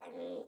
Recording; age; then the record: pig call; piglet (1 to 25 days)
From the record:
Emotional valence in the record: negative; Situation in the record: restrain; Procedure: in the arms of a person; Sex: male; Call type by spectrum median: low-frequency call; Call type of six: low-frequency stable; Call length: 0.47 s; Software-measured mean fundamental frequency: 81 Hz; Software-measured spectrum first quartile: 388 Hz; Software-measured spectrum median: 504 Hz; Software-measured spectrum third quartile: 661 Hz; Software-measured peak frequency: 510 Hz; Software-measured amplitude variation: 112 dB a second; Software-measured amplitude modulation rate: 17.9 a second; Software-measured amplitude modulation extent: 6.2 dB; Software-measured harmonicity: 5.0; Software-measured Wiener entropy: -0.30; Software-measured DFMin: 1898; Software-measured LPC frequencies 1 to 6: 506, 2391, 3456, 5182, 6223, 7953 Hz